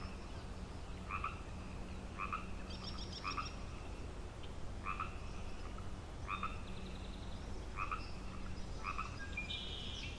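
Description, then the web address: Frog croaks in repeated short trilled bursts over a low hum. Frog chorus on Grafton Lake, 3 May 2009. "The Frog Chorus Tunes Up On Grafton Lake"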